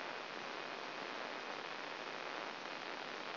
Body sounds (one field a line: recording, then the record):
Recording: brain microelectrode recording played as sound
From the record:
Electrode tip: outside the subthalamic nucleus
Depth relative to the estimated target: 3 mm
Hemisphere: left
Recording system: AlphaMap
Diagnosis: Parkinson's disease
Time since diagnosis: 9 years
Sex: male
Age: 66 years